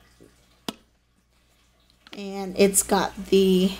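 A plastic lid is pressed onto an insulated travel mug and snaps into place with a sharp click at 0.7 s. After a quiet pause, someone talks from about 2.1 s onward.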